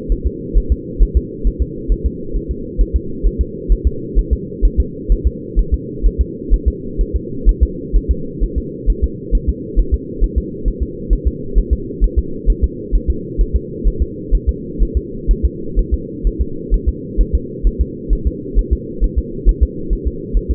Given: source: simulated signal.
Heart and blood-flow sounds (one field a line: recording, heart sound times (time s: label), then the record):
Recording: fetal heart sounds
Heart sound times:
0.12 s: S1
0.27 s: S2
0.57 s: S1
0.72 s: S2
1.03 s: S1
1.17 s: S2
1.47 s: S1
1.62 s: S2
1.92 s: S1
2.06 s: S2
2.36 s: S1
2.51 s: S2
2.81 s: S1
2.96 s: S2
3.27 s: S1
3.41 s: S2
3.72 s: S1
3.87 s: S2
4.19 s: S1
4.33 s: S2
4.65 s: S1
4.80 s: S2
5.12 s: S1
5.27 s: S2
5.59 s: S1
5.74 s: S2
6.06 s: S1
6.21 s: S2
6.54 s: S1
6.68 s: S2
7.01 s: S1
7.16 s: S2
7.49 s: S1
7.63 s: S2
7.96 s: S1
8.11 s: S2
8.44 s: S1
8.58 s: S2
8.90 s: S1
9.04 s: S2
9.35 s: S1
9.49 s: S2
9.79 s: S1
9.94 s: S2
10.24 s: S1
10.38 s: S2
10.68 s: S1
10.82 s: S2
11.13 s: S1
11.27 s: S2
11.58 s: S1
11.73 s: S2
12.04 s: S1
12.19 s: S2
12.50 s: S1
12.64 s: S2
12.95 s: S1
13.10 s: S2
13.41 s: S1
13.56 s: S2
13.88 s: S1
14.02 s: S2
14.35 s: S1
14.49 s: S2
14.83 s: S1
14.97 s: S2
15.31 s: S1
15.45 s: S2
15.79 s: S1
15.94 s: S2
16.27 s: S1
16.41 s: S2
16.74 s: S1
16.89 s: S2
17.21 s: S1
17.35 s: S2
17.67 s: S1
17.81 s: S2
18.13 s: S1
18.27 s: S2
18.59 s: S1
18.73 s: S2
19.04 s: S1
19.19 s: S2
19.49 s: S1
19.63 s: S2
19.93 s: S1
20.07 s: S2
20.37 s: S1
20.51 s: S2
From the record:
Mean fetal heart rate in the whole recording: 130 bpm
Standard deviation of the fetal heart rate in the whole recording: 2 bpm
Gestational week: 36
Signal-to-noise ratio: -4.3 dB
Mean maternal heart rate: 72 bpm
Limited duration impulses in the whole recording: absent